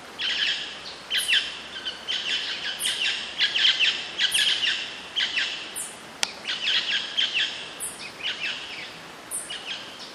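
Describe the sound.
Bird calls, a busy mix of overlapping high chirps and quick whistled notes, some sharply rising, over steady background hiss.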